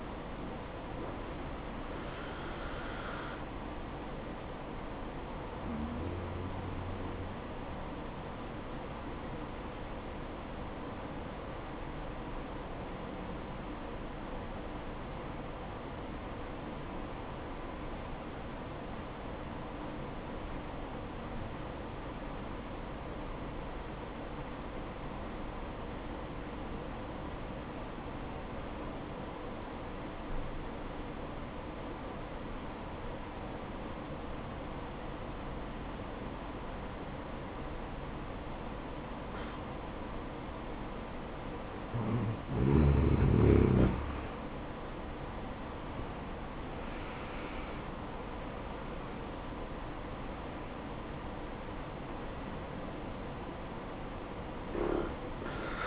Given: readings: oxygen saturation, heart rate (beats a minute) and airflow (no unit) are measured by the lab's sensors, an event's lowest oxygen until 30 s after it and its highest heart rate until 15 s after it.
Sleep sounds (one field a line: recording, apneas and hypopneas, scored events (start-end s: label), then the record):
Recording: breathing in sleep by a voice recorder at the bedside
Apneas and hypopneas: 1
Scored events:
11.00-44.20 s: obstructive apnea (N1, oxygen 97% highest, then 84% lowest, heart rate 65 at the start, 72 highest)
23.00-55.87 s: new sleep stage, N2 (light sleep)
From the record:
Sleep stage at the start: N1 (lightest sleep)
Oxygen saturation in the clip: 87 to 97%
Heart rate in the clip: 58 to 72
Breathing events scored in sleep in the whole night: 573 in 9.8 hours asleep